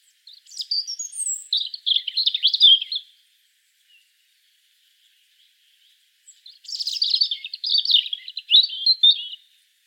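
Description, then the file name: Robin song in two bursts, high twittering and warbled notes run together for about three seconds each, with a pause of several seconds in between; otherwise silent. "Erithacus rubecula"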